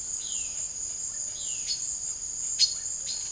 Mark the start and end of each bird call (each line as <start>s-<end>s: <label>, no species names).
0.10s-1.91s: bird call
2.60s-2.76s: bird call
3.04s-3.22s: bird call